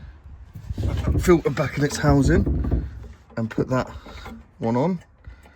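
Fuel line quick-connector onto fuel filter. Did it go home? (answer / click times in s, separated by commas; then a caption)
no / none. A new fuel filter is being placed back into its housing on a 1999 Renault Clio Mk2 1.4, with a fuel line quick-connector about to be pushed onto the filter spigot. Someone talks throughout, with some faint handling sounds in between. Nothing has seated or clicked yet.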